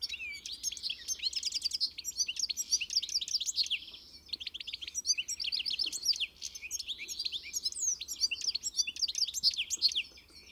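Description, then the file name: European goldfinch calls: long runs of rapid, tinkling twitter with buzzy trills, broken by brief pauses near four and six seconds, then carrying on to the finish. "Carduelis carduelis"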